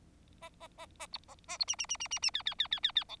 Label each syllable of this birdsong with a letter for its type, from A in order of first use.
A A A A B A A B C C C C C C D D D D D D E